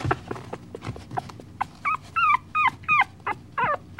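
Dog yelps and whimpers, a series of short high rising and falling cries, several per second in the second half, with soft clicks and shuffling before them.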